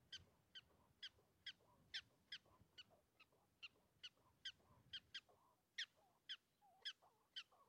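Prairie dog chirps, short sharp high notes repeated steadily, over a low rumble of background noise.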